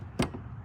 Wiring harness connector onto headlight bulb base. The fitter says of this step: you go till you hear a click